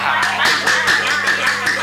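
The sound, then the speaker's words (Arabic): A crowd applauds in a steady, rhythmic clapping pattern, about four or five claps per second, loud and continuous, with a low humming tone running underneath. “أرجوكم لا تصفيق.”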